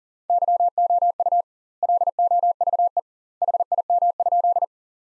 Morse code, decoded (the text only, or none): YOU LOVE HIM?